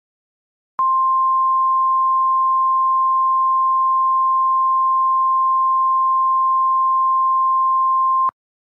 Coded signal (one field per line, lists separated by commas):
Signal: Emergency Alert System (SAME) tones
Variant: 1050 Hz attention tone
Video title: EAS Scenario #31 A Choppy Moment